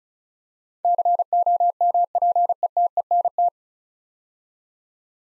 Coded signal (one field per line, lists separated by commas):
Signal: Morse code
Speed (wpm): 36 wpm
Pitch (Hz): 700 Hz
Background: none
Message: COMPETENT